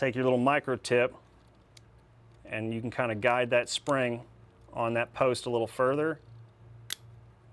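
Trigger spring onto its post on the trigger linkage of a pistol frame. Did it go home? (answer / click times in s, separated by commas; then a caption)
yes / 6.9 s. A trigger spring from an upgrade kit for an HK VP9, VP9SK or VP40 pistol is guided with a small micro-tip pick onto its post on the trigger linkage inside the polymer pistol frame while someone talks. A short, sharp snap at 6.9 s marks the spring seating onto the post.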